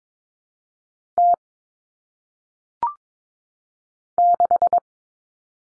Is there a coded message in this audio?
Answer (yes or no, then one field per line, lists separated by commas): yes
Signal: Morse code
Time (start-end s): 1.2-4.8 s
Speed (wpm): 22 wpm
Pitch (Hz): 700 Hz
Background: none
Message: T 6